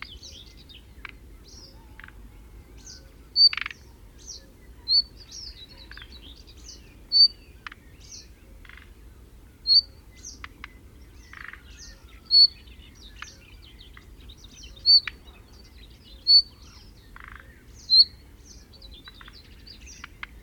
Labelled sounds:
Thrush Nightingale (Luscinia luscinia) call
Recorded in the wild
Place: Schönfeld, Brandenburg, DE
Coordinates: 53.396, 14.001
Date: 1988-06-17 06:16
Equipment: Nagra III BH, Sennheiser MD 21, parabola
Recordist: Schubert, Michael

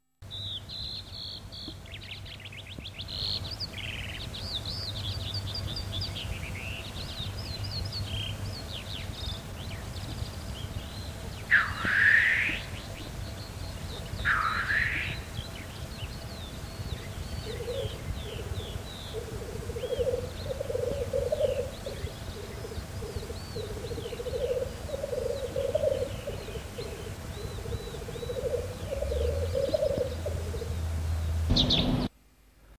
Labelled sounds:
Common Redpoll (Carduelis flammea)
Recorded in the wild
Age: adult
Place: Gerlitzen, Kärnten, AT
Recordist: Brunner, Thomas

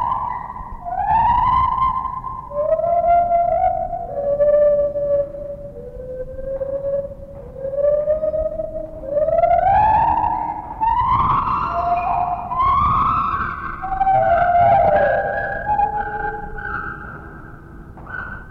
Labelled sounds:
Lar Gibbon (Hylobates lar)
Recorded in captivity
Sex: pair
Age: adult
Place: Zoo Berlin, Berlin, DE
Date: 1960-10-29 12:05
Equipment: Minifon, Kopie Smaragd
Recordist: Tembrock, Günter

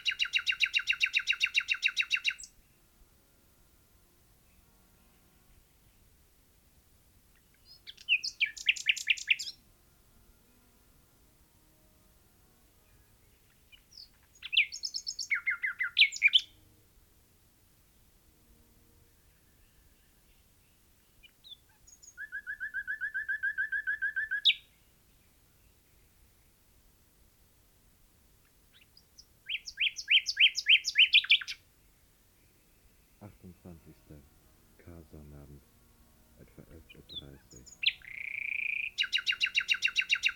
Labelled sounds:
Common Nightingale (Luscinia megarhynchos) song
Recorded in the wild
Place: Albesti, Transilvania, RO
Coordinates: 46.258, 24.86
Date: 1973-04-28 11:30
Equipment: Nagra III BH, Sennheiser MD 21, parabola
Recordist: Schubert, Michael
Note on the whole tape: Gesang Nachtigall, sonst sehr still

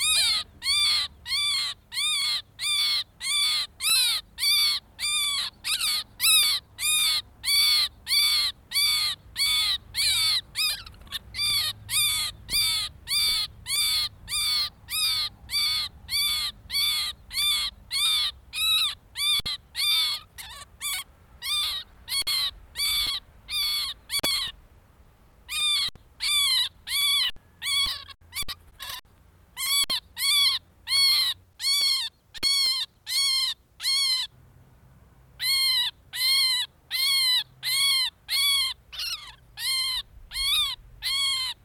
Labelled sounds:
Pied Avocet (Recurvirostra avosetta) call
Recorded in the wild
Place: Landow, Insel Rügen, Mecklenburg-Vorpommern, DE
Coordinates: 54.404, 13.263
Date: 1969-06-29
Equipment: Nagra III BH, Sennheiser MD 421
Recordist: Schubert, Michael

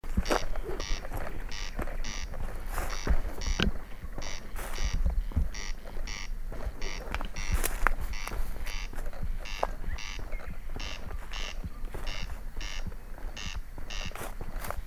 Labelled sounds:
Corn Crake (Crex crex)
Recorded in the wild
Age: adult
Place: Peenemuende, Usedom, Mecklenburg-Vorpommern, DE
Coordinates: 54.1618, 13.78
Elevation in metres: 0
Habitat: grassland
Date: 2014-05-25 23:38
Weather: 15°C, almost windless
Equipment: Sound Devices 702, Sennheiser MKH 70, Rycote Windschutz
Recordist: Frommolt, Karl-Heinz

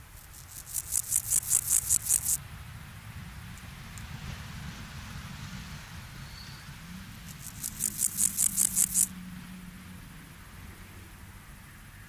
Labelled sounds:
Water-meadow Grasshopper (Chorthippus montanus) stridulation
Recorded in the wild
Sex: male
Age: imago
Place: Lienen, Nordrhein-Westfalen, DE
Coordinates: 52.1422, 7.92583
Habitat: meadow
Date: 1991-09-12 18:01
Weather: sunny, ca. 18°C
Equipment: Marantz CP 430, Kopie Tesla B 116
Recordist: Tembrock, Günter
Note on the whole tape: Lienen, Ellerhooksweg. Stridulation, längere Stücke, sehr gut, z.T. abweichende Lautformen, anfangs Rivalenlaute

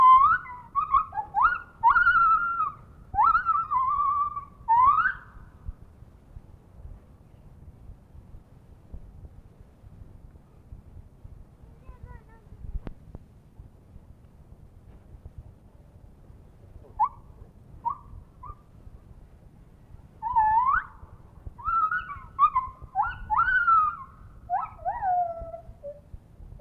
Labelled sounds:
Lar Gibbon (Hylobates lar)
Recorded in captivity
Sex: male
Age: adult
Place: Zoo Rostock, Mecklenburg-Vorpommern, DE
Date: 1965-09-01 10:50
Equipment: Uher 4200 Report Stereo, Transistorverstärker II, Sennheiser MD 421
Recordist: Tembrock, Günter
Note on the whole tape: Männchen (einzeln gehalten): Rufe und Rufreihen beim Umherhangeln. Dieses ist begleitet von Handausschütteln oder Rütteln an Zweigen. Gute Aufnahme

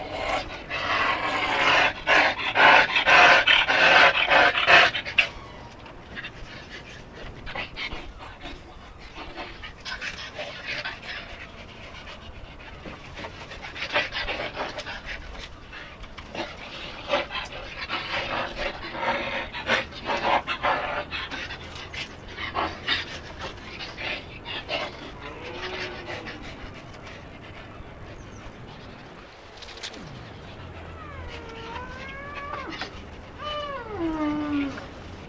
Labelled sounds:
Wapiti (Cervus canadensis) call
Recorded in captivity
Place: Zoo Halle, Sachsen-Anhalt, DE
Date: 1965-10-21 15:00
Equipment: Telefunken Magnetophon 300, Sennheiser MD 421, Transistorverstärker 2
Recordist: Tembrock, Günter

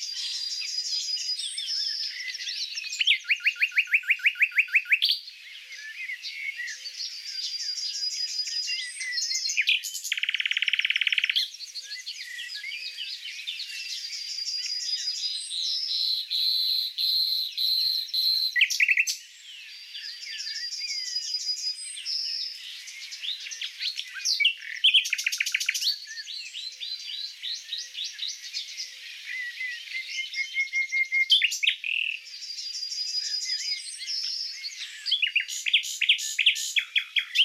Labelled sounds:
Common Nightingale (Luscinia megarhynchos) song
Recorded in the wild
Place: Waltershofen / Freiburg im Breisgau, Baden-Württemberg, DE
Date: 2006-06-04
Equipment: MiniDisc Sharp MT 20 H
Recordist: Schwarz, Dieter
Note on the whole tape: Song

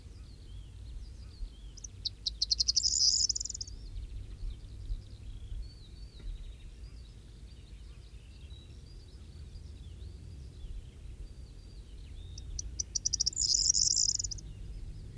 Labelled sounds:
Corn Bunting (Emberiza calandra) song
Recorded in the wild
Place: Buschvitz, Insel Rügen, Mecklenburg-Vorpommern, DE
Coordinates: 54.431, 13.472
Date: 1971-05-29
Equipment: Nagra III BH, Sennheiser MD 21, parabola
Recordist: Schubert, Michael

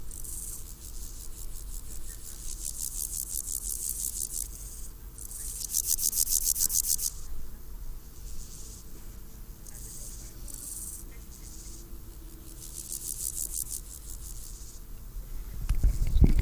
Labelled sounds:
Meadow Grasshopper (Chorthippus parallelus) stridulation
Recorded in the wild
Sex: male
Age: imago
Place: Mühlenbeck, Brandenburg, DE
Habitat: Feuchtwiese
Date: 1997-08-31 15:20
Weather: 24°C, sonnig
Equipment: Sony MD-WM MZ-R3, Sennheiser ME 80, K 30 AV, Kopie Uher 4000 Report Monitor
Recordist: Tembrock, Günter

